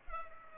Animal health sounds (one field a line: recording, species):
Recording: mosquito wingbeat signal from an infrared sensor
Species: Culex pipiens